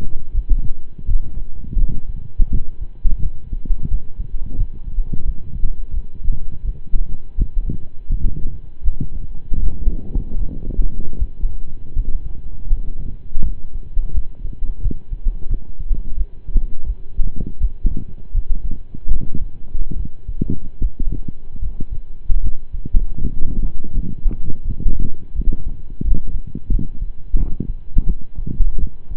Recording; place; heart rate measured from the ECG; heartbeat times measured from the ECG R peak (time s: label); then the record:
heart sounds by stethoscope; between the tricuspid and mitral areas; 82 bpm
0.32 s: heartbeat
1.05 s: heartbeat
1.76 s: heartbeat
2.48 s: heartbeat
3.19 s: heartbeat
3.88 s: heartbeat
4.55 s: heartbeat
5.22 s: heartbeat
5.91 s: heartbeat
6.62 s: heartbeat
7.35 s: heartbeat
8.07 s: heartbeat
8.82 s: heartbeat
9.60 s: heartbeat
10.35 s: heartbeat
11.16 s: heartbeat
11.93 s: heartbeat
12.66 s: heartbeat
13.41 s: heartbeat
14.11 s: heartbeat
14.80 s: heartbeat
15.47 s: heartbeat
16.14 s: heartbeat
16.83 s: heartbeat
17.58 s: heartbeat
18.32 s: heartbeat
19.08 s: heartbeat
19.94 s: heartbeat
20.78 s: heartbeat
21.59 s: heartbeat
22.40 s: heartbeat
23.18 s: heartbeat
23.92 s: heartbeat
24.62 s: heartbeat
25.33 s: heartbeat
26.01 s: heartbeat
26.69 s: heartbeat
27.36 s: heartbeat
28.04 s: heartbeat
28.77 s: heartbeat
From the record:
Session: slow and fast walking with breaks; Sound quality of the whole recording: saturated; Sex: male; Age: 25 years